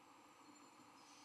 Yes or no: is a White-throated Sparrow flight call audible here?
no